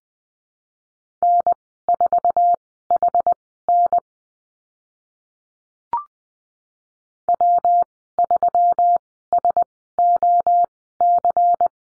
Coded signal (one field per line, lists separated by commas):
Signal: Morse code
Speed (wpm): 20 wpm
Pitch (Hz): 700 Hz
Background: none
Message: N4HN W3SOC